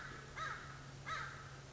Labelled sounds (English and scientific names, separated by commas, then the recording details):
American Crow (Corvus brachyrhynchos)
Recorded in Sonoma County, California